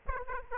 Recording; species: mosquito wingbeat signal from an infrared sensor; Aedes aegypti